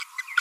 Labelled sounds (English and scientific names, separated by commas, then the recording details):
Green-rumped Parrotlet (Forpus passerinus) babbling
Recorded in a nest box in Venezuela
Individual 18B25A3